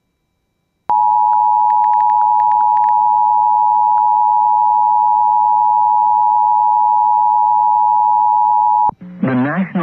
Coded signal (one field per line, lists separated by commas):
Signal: Emergency Alert System (SAME) tones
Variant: 853 and 960 Hz attention tone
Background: speech